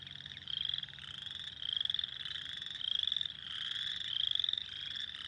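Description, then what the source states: Spring peeper chorus of high, rising peeps, overlapping callers forming repeated surges of sound. Recorded 2021-04-06.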